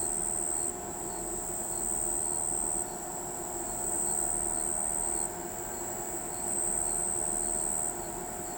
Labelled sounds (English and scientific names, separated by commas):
none